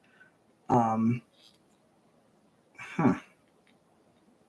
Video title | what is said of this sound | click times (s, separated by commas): Lego Live Build Life on Mars | okay I guess it just sits in there doesn't click in uh | none